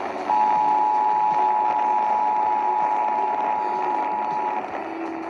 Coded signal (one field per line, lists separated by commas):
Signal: Emergency Alert System (SAME) tones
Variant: 853 and 960 Hz attention tone